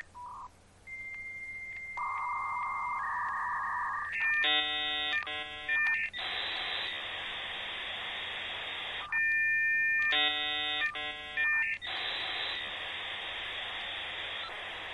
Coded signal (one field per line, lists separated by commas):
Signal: dial-up modem handshake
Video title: Dial Up Modem 2